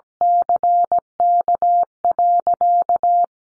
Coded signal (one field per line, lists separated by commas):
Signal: Morse code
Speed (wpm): 17 wpm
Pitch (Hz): 700 Hz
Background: none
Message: CK.